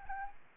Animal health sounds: mosquito wingbeat signal from an infrared sensor; Aedes aegypti

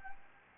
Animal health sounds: mosquito wingbeat signal from an infrared sensor; Anopheles gambiae

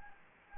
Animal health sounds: mosquito wingbeat signal from an infrared sensor; Anopheles gambiae

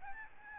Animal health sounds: mosquito wingbeat signal from an infrared sensor; Aedes albopictus

